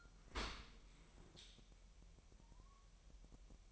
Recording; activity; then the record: daily activity, microphone in the room; open dishwasher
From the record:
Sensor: 1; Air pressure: 1000.6 hPa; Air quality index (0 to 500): 248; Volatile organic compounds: 146 ppm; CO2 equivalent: 4005 ppm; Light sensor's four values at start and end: 11/28/11/12 and 11/28/11/12